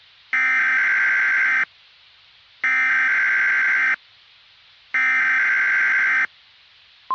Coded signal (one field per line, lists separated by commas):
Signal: Emergency Alert System (SAME) tones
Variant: header bursts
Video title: Nightmare in The Metroplex - EAS Scenario